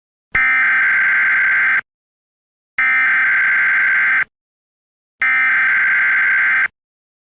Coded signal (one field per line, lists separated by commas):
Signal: Emergency Alert System (SAME) tones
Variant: header bursts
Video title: EMERGENCY ALERT SYSTEM (Furry Infection) Edit Capcut